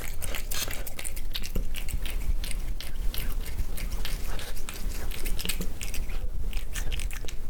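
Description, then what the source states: Cat eating, with quick wet bites and chewing clicks coming rapidly and irregularly over a constant low hum. Cat eating wet food.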